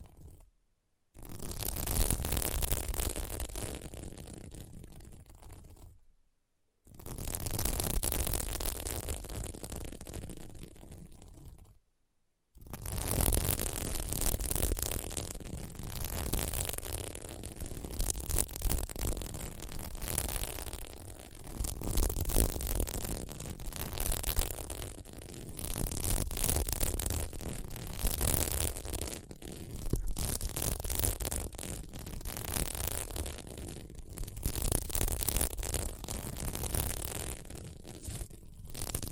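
Scratching across a sequin mermaid pillow makes a dense, rasping hiss of rapid, uneven strokes that reaches from low rumble to bright sizzle. Short pauses break it near the start, at about six and twelve seconds, then it runs continuously to the end.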